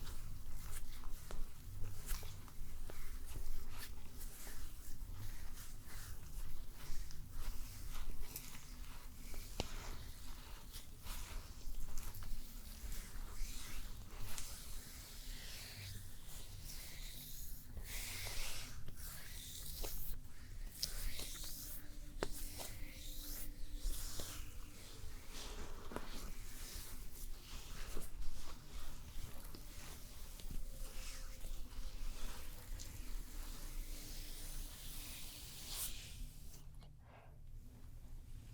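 A stone spa treatment plays out over a steady low hum, with frequent small clicks, taps and soft rustles. Brighter swishing bursts stand out around 18 and 25 seconds, a faint held tone comes and goes, and everything briefly drops away near the end.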